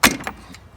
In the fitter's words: we go snaps in place i see here